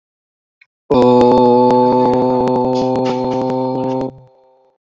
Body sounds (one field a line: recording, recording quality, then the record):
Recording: sustained vowel as in boot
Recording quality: moderate, slight background noise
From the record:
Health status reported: healthy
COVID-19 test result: not tested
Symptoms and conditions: none ticked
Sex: male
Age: 29 years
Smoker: not ticked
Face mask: worn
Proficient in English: yes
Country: India